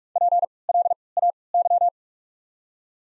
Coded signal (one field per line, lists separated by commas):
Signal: Morse code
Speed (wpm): 43 wpm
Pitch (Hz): 700 Hz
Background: none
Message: P L A Y